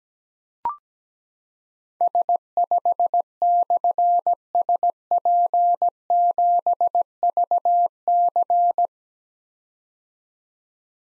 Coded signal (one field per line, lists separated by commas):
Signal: Morse code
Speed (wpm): 17 wpm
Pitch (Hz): 700 Hz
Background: none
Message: S5/SP7VC